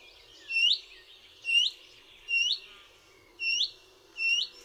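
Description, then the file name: Willow warbler giving rising, upslurred whistled notes repeated about once a second, with a soft hum of other sound beneath. "Piecuszek"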